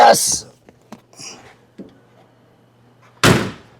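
Someone talks, then the hood of a VW Karmann Ghia is slammed shut onto its repaired metal latch in the car body, with a loud slam at 3.2 s as it latches. The latch is not perfect, but the hood opens and shuts.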